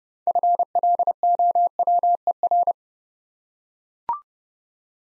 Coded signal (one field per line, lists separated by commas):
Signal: Morse code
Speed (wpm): 30 wpm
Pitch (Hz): 700 Hz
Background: none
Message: FLOWER